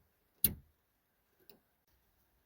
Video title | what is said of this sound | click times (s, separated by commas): Reverse light bulb replacement 17 - 22 Honda CRV | push it until you hear it clip in, | 0.5 s